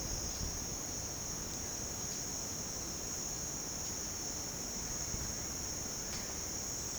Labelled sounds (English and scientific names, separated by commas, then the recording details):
none
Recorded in dense forest near Puerto Asís, Putumayo, Colombia, on 22 June 2025 at 07:30
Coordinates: 0.486, -76.317
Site G065